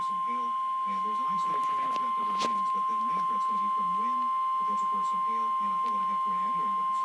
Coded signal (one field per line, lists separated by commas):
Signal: Emergency Alert System (SAME) tones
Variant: 1050 Hz attention tone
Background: speech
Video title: Severe Thunderstorm Warning-(EAS #74)